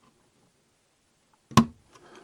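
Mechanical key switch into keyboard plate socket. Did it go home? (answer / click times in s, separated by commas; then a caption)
yes / 1.6 s. A three-pin mechanical key switch is pressed carefully into the S-key position of a hot-swappable keyboard plate and PCB. After near silence, it snaps into place with a single sharp, loud click at 1.6 s, followed by a faint softer tick around 2.0 s and low rustling. The switch is seated.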